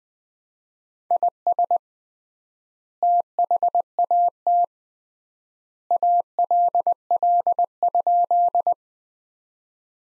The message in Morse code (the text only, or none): IS THAT ALL?